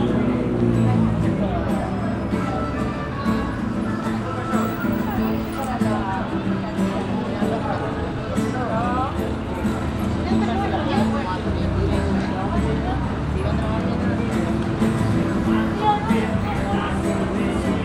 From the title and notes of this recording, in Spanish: Peatonal Drago (Gregory Street). 19.15hs aprox. Drago esq. O'Higgins.